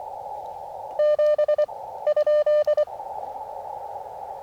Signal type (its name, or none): Morse code